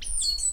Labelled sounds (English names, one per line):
Stitchbird song